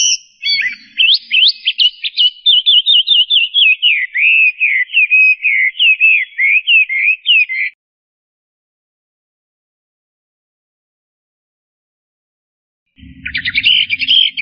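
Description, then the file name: Chinese hwamei singing loud, rapid whistled phrases, first rising and falling slurs, then a rolling series of clear repeated notes. A pause follows, then song resumes briefly with low rumble. "kicauan burung hwamei. omkicau"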